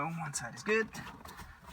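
A clock spring is handled against the steering column of a 2008 VW Jetta during a replacement for an airbag light that is on, while someone talks. Nothing has seated or clicked into place yet.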